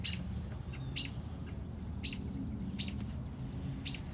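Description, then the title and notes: Robin uttering brisk, clipped chirps about once a second against a steady low drone. Mother robin on a front porch, protecting a newly hatched chick. "A Mother Robin’s Love. Stubbled upon a Mother Robin on our front porch. Protecting a newly born baby Robin"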